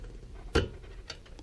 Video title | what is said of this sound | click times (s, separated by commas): GMC Yukon - Radiator Replacement | all you gotta do is press in and just wait for the click. | 1.1 s